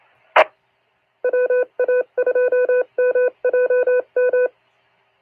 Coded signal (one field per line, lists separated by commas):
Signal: Morse code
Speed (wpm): 27 wpm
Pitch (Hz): 500 Hz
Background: none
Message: E WA2MJM